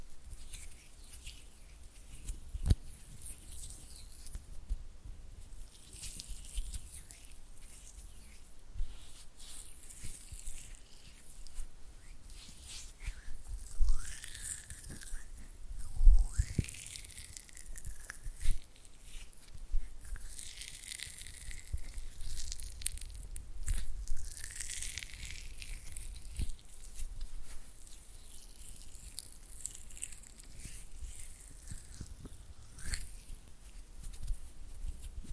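Oily hand and flutter finger sounds: soft, wet slipping and rubbing noises with quick fluttering bursts, mostly hissy and bright with a low rumble underneath. Small sharp clicks and pats recur irregularly, with a louder tap near sixteen seconds.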